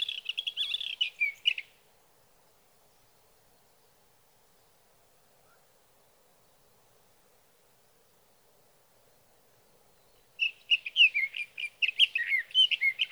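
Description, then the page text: Sage thrasher song, a burst of fast, scratchy warbled phrases, then a long near silence before the jumbled, varied notes resume. Male singing through the night near his night roost, evening of June 12 to morning of June 15, 2018, Sierra Valley, California; Swift recorder. "Birdsong for the Curious Naturalist: Explore #7 Sage thrasher songs, through the night."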